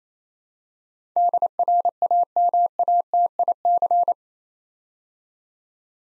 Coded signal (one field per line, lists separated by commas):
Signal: Morse code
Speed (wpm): 29 wpm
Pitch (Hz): 700 Hz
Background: none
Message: DRAMATIC